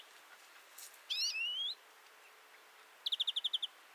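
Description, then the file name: European greenfinch calls: a drawn-out note that dips and rises, then after a pause a quick trill of several short notes. "Chloris chloris"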